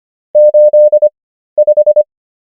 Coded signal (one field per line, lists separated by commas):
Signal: Morse code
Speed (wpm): 25 wpm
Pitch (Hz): 600 Hz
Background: none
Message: 85